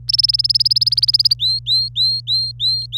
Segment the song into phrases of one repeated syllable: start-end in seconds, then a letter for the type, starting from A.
0.08-1.34 A, 1.39-2.97 B